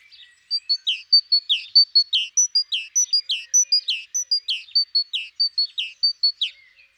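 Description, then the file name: Great tit delivering a long steady run of two-note phrases, bright high note then lower one, repeated briskly throughout without a break. "Parus major"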